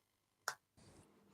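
A snap-fit plastic part of a push-together Gundam model kit is pressed harder into its mating part after an earlier attempt gave no click. A sharp click sounds at 0.5 s, followed by a softer, broadband rustle from about 0.8 s. The part seats with a confirmed click.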